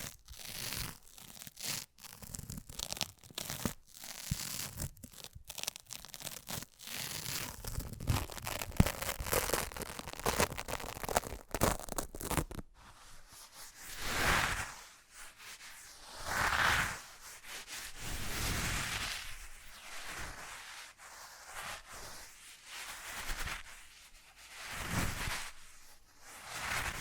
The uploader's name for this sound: ASMR Fast Changing Unpredictable Triggers